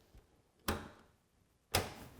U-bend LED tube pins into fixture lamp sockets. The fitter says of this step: I'm going to lay it in here I'm just going to push these down you're going to hear them snap